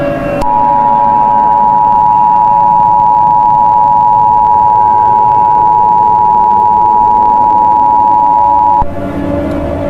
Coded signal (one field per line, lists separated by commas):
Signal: Emergency Alert System (SAME) tones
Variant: 853 and 960 Hz attention tone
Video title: Doin Some EAS Mock